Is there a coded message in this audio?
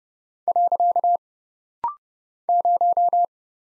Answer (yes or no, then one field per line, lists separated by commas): yes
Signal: Morse code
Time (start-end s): 0.5-3.2 s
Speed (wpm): 30 wpm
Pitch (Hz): 700 Hz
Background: none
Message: . 0